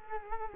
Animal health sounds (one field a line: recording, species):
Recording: mosquito wingbeat signal from an infrared sensor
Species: Culex quinquefasciatus